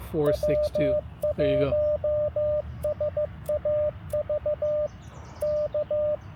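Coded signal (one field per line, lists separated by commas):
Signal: Morse code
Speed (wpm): 15 wpm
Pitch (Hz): 590 Hz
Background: speech, radio noise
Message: W1SAV K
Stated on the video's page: CW during an Independence Day park activation with good propagation.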